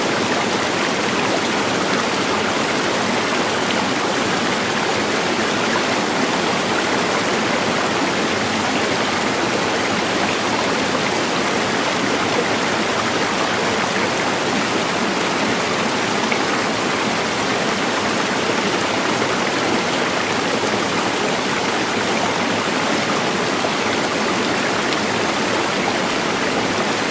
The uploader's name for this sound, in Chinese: 山林深处小河流水